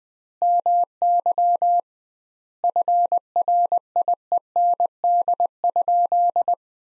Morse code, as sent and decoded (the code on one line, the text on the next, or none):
-- -.-- / ..-. .-. .. . -. -.. ..--..
MY FRIEND?